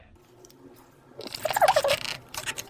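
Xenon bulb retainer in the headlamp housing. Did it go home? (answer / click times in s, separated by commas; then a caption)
no / none. A xenon bulb, found not locked, is being worked into its holder in the headlamp housing of a Land Rover Discovery 3 (LR3/LR4) so its retainer will lock. After a quiet start, a burst of sharp plastic crunches and small clicks of handling runs from about 1.3 to 2.0 seconds, with one more tap near 2.6 seconds. Nothing has seated or locked yet when the clip ends.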